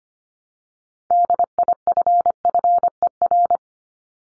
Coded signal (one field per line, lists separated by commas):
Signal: Morse code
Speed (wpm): 25 wpm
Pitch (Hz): 700 Hz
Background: none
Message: DIFFER